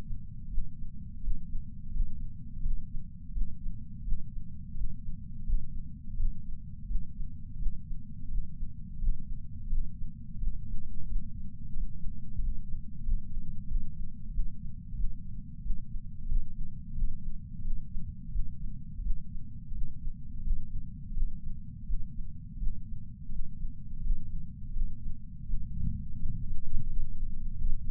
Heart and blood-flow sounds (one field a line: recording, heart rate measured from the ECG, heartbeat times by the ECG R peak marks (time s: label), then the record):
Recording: heart sounds by patch sensor on the chest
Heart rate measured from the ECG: 86 bpm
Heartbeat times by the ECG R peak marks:
0.50 s: heartbeat
1.22 s: heartbeat
1.93 s: heartbeat
2.62 s: heartbeat
3.33 s: heartbeat
4.04 s: heartbeat
4.76 s: heartbeat
5.46 s: heartbeat
6.17 s: heartbeat
6.87 s: heartbeat
7.58 s: heartbeat
8.30 s: heartbeat
9.00 s: heartbeat
9.69 s: heartbeat
10.39 s: heartbeat
11.08 s: heartbeat
11.75 s: heartbeat
12.40 s: heartbeat
13.06 s: heartbeat
13.68 s: heartbeat
14.32 s: heartbeat
14.96 s: heartbeat
15.62 s: heartbeat
16.28 s: heartbeat
16.96 s: heartbeat
17.63 s: heartbeat
18.32 s: heartbeat
19.02 s: heartbeat
19.74 s: heartbeat
20.44 s: heartbeat
21.15 s: heartbeat
21.86 s: heartbeat
22.59 s: heartbeat
23.31 s: heartbeat
24.03 s: heartbeat
24.74 s: heartbeat
25.46 s: heartbeat
26.17 s: heartbeat
26.89 s: heartbeat
27.58 s: heartbeat
From the record:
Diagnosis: coronary artery disease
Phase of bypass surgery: preoperative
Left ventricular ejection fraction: 50.8%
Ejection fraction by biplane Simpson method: 50%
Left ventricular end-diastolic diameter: 50 mm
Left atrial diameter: 32 mm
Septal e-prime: 7.2 cm/s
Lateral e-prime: 9.1 cm/s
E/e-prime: 8.5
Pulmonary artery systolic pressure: 23 mmHg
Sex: male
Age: 65 years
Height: 170 cm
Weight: 65 kg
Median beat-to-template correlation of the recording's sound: 0.75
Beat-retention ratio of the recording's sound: 0.96